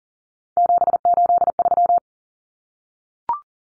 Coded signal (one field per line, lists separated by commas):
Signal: Morse code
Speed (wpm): 40 wpm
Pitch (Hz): 700 Hz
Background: none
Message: 783